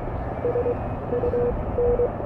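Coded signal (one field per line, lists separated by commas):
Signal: Morse code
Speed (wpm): 23 wpm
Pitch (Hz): 480 Hz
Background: none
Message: SUN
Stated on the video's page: CW QSO with a station near London on a K1 radio at the beach, with some fading and noise, for copying practice.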